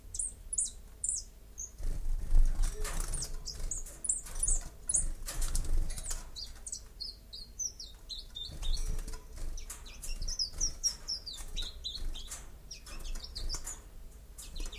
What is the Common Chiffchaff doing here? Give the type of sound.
song